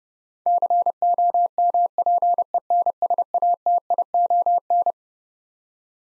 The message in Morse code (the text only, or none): COMPENSATION